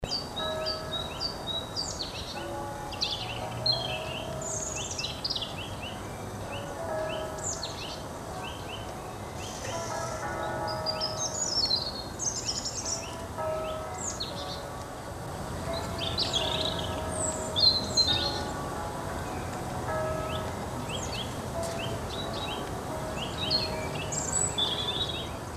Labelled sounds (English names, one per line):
Great Tit song